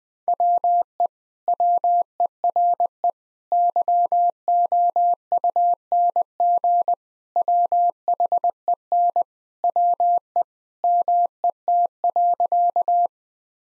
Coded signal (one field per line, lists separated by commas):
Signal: Morse code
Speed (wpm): 19 wpm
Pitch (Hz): 700 Hz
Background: none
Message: WE WERE YOUNG WHEN WE MET.